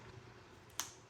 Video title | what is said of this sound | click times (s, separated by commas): 🤔 Dove Men+Care Ultimate 0% aluminum Refillable Deodorant Kit? | It makes a satisfying click. | 0.8 s